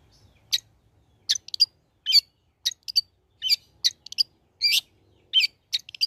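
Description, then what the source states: Long-tailed shrike singing a fast, uneven run of sharp, high chirps and twittering doubled notes. Lively, actively singing (gacor) bird, recording suited for use as a tutor (masteran) for training other birds.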